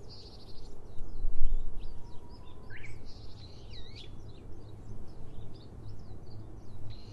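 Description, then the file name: Japanese bush warbler song, a long flat whistle breaking into a brief warbled flourish, amid a busy chorus of high chirping birds. Recorded in 2012. "uguisu 2012"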